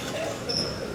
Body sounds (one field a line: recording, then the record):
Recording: coughing mixed with background sound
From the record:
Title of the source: Cough Around the Clock!